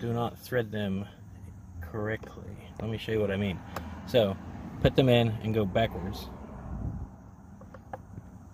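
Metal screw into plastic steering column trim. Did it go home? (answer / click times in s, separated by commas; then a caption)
yes / 7.9 s. Someone talks while a metal Phillips screw is set into a plastic steering column trim piece on a 2015-2019 Subaru Outback during a horn fix, then turned backwards so its thread finds the existing thread in the plastic instead of cutting new ones, to maximize the life of the plastic. After a few faint ticks, the screw drops into the existing thread with a click at 7.9 s, and it is seated.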